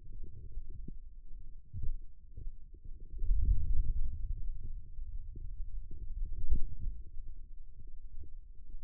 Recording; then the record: forearm muscle sounds (acoustic myography)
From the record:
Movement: wrist extension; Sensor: system 2, bracelet of six BSWA MPA416 microphones around the upper forearm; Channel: 1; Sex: male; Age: 22 years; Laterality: right